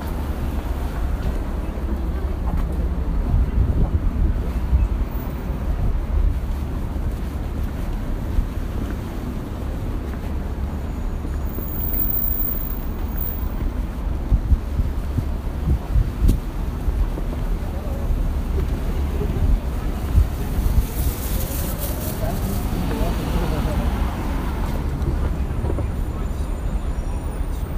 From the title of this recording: 5th Avenue